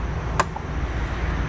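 A small pick tool pushes in the pins of the upper radiator hose retaining clip on the radiator of a 2013–2017 Honda Accord, so the hose can be lifted out. A sharp click sounds at 0.4 s, followed by a fainter tick at about 0.6 s, over a steady low background rumble. The clip releases.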